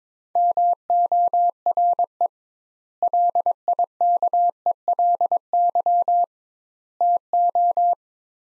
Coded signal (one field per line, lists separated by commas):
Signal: Morse code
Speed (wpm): 23 wpm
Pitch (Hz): 700 Hz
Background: none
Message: MORE LIKELY TO